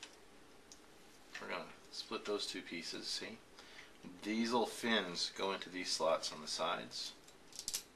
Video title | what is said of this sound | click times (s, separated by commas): G1 Defensor pt. 3 "Blades" | right there just snap in place and | 7.7 s